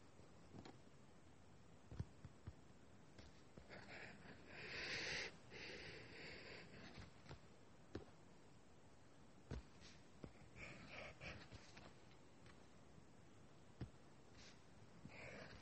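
Drawing and writing sounds: a pen or pencil scratching and scraping on paper in uneven strokes, with a dense, hissy stretch of continuous scribbling around four to six seconds. Sharp taps and clicks punctuate it every second or two, near two, eight, ten and fourteen seconds.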